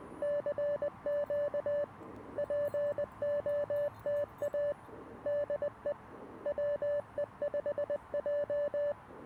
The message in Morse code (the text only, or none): CQ POTA DE WE5J